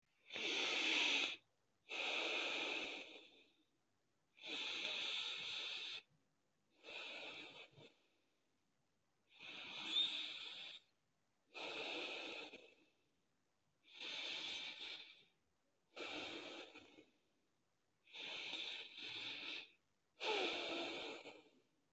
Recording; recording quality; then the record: deep breathing; excellent, no background noise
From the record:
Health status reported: healthy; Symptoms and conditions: diabetes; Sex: male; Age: 50 years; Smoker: not ticked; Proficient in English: yes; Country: United States